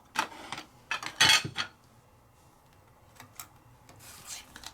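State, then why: Not seated. A removable insert that was popped out of a metal craft cutting die is handled near the die frame, ready to be pressed back in. Short metallic taps and scrapes come at about 0.2, 0.5, 0.9 and 1.2 s, the loudest at 1.2 s, followed by softer rubbing and light clicks. The insert has not clicked back into the frame yet.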